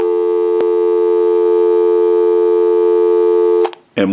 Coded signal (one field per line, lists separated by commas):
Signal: telephone call progress tone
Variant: North America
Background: speech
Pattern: dial tone